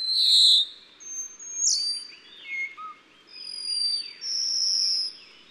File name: 台灣紫嘯鶇